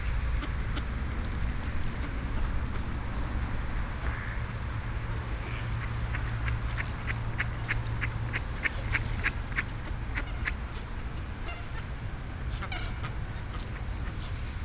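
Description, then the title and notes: Duck quacks, scattered at first and then a quick run of nasal calls in the middle, with continuous traffic hum underneath. Ducks on grass and in water, with traffic noise in the background. "eenden op het gras. ducks on the grass - eenden, hoentjes op het gras. eenden en hoentjes op het gras, in het water, ruis van het verkeer. ducks on the grass and in the water, white noise of the traffic"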